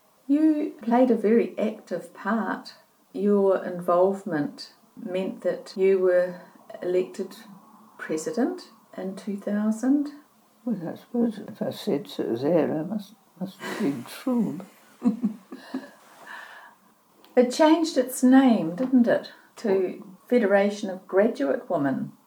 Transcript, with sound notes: You played a very active part – your involvement meant that you were elected president in 2000? Well I suppose if I said so there, I must’ve been true. [Chuckles] It changed its name, didn’t it, to Federation of Graduate Women?